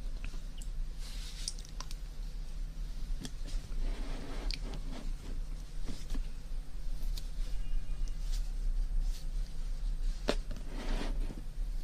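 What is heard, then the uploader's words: Ear cleaning and massage sounds: soft wet squishes and crackles with sharp clicks every second or so over a steady low hum. TimASMR- Ear Cleaning & Ear Massage Water Sounds.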